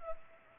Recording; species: mosquito wingbeat signal from an infrared sensor; Culex pipiens